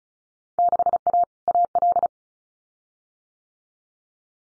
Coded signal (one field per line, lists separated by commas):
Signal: Morse code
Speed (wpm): 36 wpm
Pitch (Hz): 700 Hz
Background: none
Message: 6A AL